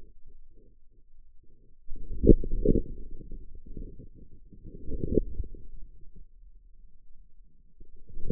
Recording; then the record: forearm muscle sounds (acoustic myography)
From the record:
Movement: outward rotation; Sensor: system 2, bracelet of six BSWA MPA416 microphones around the upper forearm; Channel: 5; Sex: male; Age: 22 years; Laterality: right